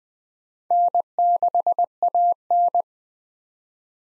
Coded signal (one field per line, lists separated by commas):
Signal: Morse code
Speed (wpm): 20 wpm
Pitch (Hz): 700 Hz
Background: none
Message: N6AN